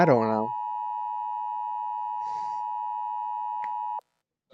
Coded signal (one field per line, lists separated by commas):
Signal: Emergency Alert System (SAME) tones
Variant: 853 and 960 Hz attention tone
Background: speech